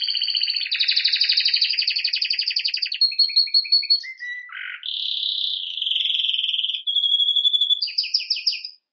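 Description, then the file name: Canary song with a long rolling trill, a few short low notes and a harsh burst, then a smooth warbled trill and rapid final chirps. "Canary Voice"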